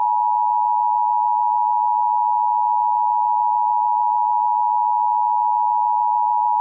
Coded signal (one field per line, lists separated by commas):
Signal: Emergency Alert System (SAME) tones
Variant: 853 and 960 Hz attention tone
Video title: eas scnario 3 nations 2v1